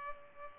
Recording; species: mosquito wingbeat signal from an infrared sensor; Culex pipiens